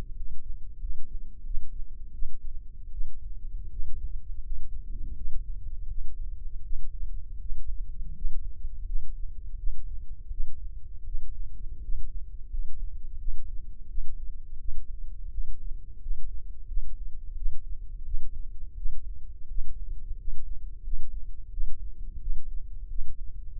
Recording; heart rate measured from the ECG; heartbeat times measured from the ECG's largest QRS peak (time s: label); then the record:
heart sounds by microphone in the left ear; 85 bpm
0.13 s: heartbeat
0.78 s: heartbeat
1.42 s: heartbeat
2.11 s: heartbeat
2.89 s: heartbeat
3.68 s: heartbeat
4.40 s: heartbeat
5.13 s: heartbeat
5.86 s: heartbeat
6.60 s: heartbeat
7.37 s: heartbeat
8.12 s: heartbeat
8.83 s: heartbeat
9.55 s: heartbeat
10.28 s: heartbeat
11.03 s: heartbeat
11.79 s: heartbeat
12.47 s: heartbeat
13.16 s: heartbeat
13.86 s: heartbeat
14.56 s: heartbeat
15.29 s: heartbeat
15.98 s: heartbeat
16.64 s: heartbeat
17.33 s: heartbeat
18.02 s: heartbeat
18.73 s: heartbeat
19.46 s: heartbeat
20.15 s: heartbeat
20.81 s: heartbeat
21.49 s: heartbeat
22.18 s: heartbeat
22.86 s: heartbeat
23.56 s: heartbeat
From the record:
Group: healthy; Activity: rest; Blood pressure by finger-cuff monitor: 117/81 mmHg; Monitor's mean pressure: 92 mmHg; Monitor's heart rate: 85 bpm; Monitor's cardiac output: 6.4 L/min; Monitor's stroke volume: 75 mL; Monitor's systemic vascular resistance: 1060 dyn s/cm5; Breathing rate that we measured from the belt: 15 breaths a minute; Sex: male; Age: 21 years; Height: 180 cm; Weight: 67.5 kg